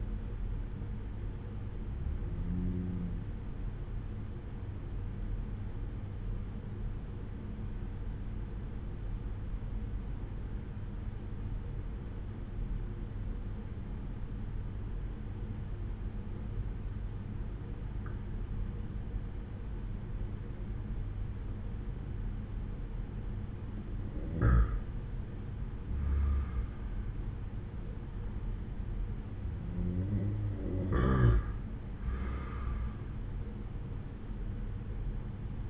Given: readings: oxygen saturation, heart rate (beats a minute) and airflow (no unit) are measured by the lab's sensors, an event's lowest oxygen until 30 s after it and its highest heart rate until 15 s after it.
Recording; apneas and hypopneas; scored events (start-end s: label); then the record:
breathing in sleep by a smartphone at the bedside; 1
3.00-25.70 s: hypopnea (N2, oxygen 95% highest, then 92% lowest)
From the record:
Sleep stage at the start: N2 (light sleep); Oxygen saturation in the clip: 92 to 95%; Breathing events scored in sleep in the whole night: 187 in 7.2 hours asleep